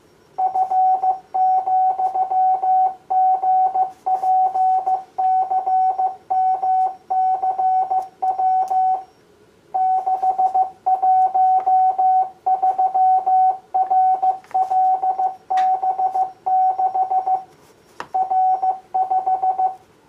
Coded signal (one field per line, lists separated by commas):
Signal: Morse code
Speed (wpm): 14 wpm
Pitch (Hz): 750 Hz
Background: none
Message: F,GPCMCW 613RLB6 R5